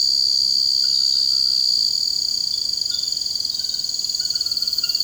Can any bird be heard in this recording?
no